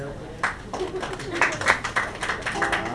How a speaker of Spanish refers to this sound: Aplausómetro. Aplausómetro. Piñera y las feministas. Aplausos para ese tema.